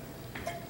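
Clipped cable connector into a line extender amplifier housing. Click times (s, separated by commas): 0.4 s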